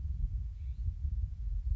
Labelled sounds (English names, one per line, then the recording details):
California Scrub-Jay
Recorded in Sonoma County, California